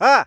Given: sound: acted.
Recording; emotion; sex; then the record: nonverbal affect burst; surprise; male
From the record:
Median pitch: 228 Hz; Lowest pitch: 73 Hz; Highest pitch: 281 Hz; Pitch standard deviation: 61 Hz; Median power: 78.5 dB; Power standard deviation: 13.0 dB